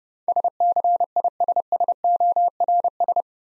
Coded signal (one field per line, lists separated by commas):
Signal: Morse code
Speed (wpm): 30 wpm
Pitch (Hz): 700 Hz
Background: none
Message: SCISSORS